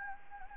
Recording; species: mosquito wingbeat signal from an infrared sensor; Anopheles gambiae